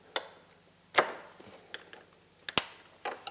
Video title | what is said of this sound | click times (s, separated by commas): C3 PowerSports Belt Drive (Synchro Drive) Install on Skidoo Freeride! PowerModz! | you should hear that snap go in there | 2.6 s